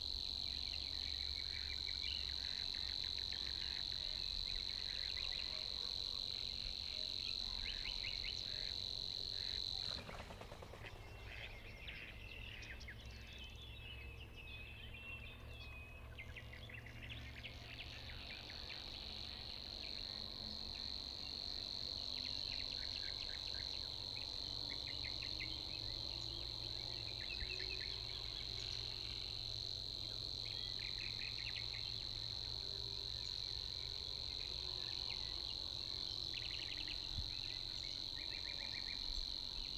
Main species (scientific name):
Locustella luscinioides